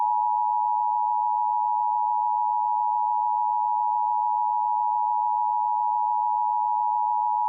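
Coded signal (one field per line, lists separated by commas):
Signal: Emergency Alert System (SAME) tones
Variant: 853 and 960 Hz attention tone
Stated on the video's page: Real child abduction AMBER alert relayed by a public TV station, issued at the request of the Texas Division of Emergency Management.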